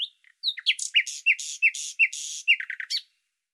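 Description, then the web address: Bird song alternating sharp downslurred whistles with broad buzzy notes in an even rhythm, ending in a quick cluster of short notes. "Deverinetal 2025"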